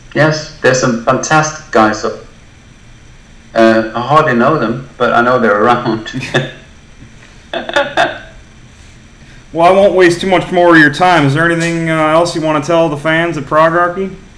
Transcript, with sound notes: Yes, there’s some fantastic guys. I hardly know them, but I know they’re around. [Laughs]
Well I won’t waste too much more of your time. Is there anything else you wanna tell the fans at Progarchy?